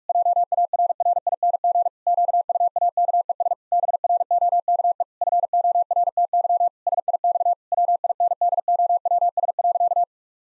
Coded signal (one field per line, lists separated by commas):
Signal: Morse code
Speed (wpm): 46 wpm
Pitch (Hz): 700 Hz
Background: none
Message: JARRING QUAKES BROKE FORTY SIX WINDOWS.